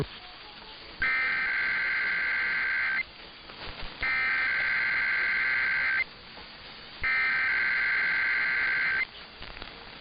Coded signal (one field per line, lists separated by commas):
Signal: Emergency Alert System (SAME) tones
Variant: header bursts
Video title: [EAS #2076-#2079] KTSB, WGY, Air1 & KWIZ Required Weekly Tests